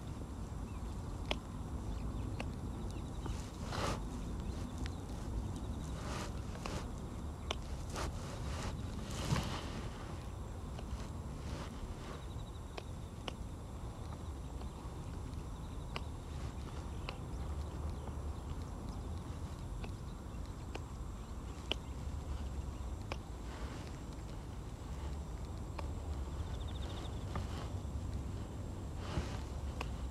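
Hand weeding in a carrot patch at dusk, with grass pulled and larger stems snipped by scissors. Sharp clicks and rustles come in irregular bursts, busiest in the first ten seconds, over a steady low outdoor rumble and a faint high insect whine.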